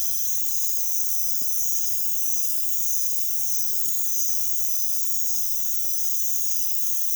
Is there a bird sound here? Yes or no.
no